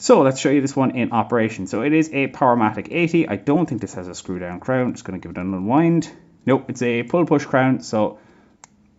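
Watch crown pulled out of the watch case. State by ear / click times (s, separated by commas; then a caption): released / 8.6 s. Someone talks while handling a Tissot Couturier Powermatic 80 automatic wristwatch, whose crown is a push-pull type rather than screw-down. The crown is pulled out of the watch case to its first position, and a single sharp click is heard at 8.6 s as it snaps out.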